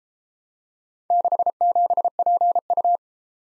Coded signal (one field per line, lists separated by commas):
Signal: Morse code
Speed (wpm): 32 wpm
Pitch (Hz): 700 Hz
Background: none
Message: 67PU